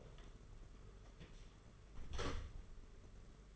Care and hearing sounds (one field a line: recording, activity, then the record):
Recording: daily activity, microphone in the room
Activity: close door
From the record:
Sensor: 4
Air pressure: 992.4 hPa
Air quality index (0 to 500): 111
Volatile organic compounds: 20 ppm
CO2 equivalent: 2674 ppm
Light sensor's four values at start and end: 20/71/26/27 and 21/74/27/28